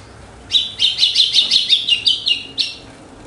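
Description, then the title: Red-cowled cardinal giving a quick series of several high notes, lasting about two seconds. Female red-cowled cardinal singing after the moult, in a song contest. "Canto Galo Campina Fêmea. GALO DE CAMPINA DEPOIS DA MUDA (disputa)"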